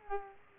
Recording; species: mosquito wingbeat signal from an infrared sensor; Aedes aegypti